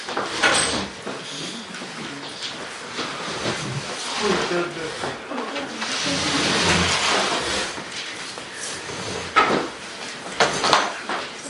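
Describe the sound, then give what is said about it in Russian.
Chairs scrape and clatter as they are dragged and set down, a run of uneven knocks and scuffs with murmuring voices in the background, as a volunteer is asked to bring a chair along. “Да, со стул, вот стул прихватите.”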